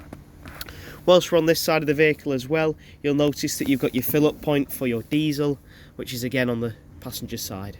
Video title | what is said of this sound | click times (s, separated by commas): Swift Sundance 584- Emm Bee Motorhomes | until it clicks in and connects | 0.6 s